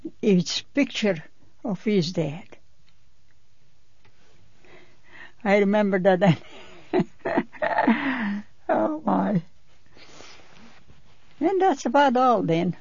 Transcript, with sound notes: a picture of his dad. I remember that. ( she laughs ) Oh, boy. And that's about all, then.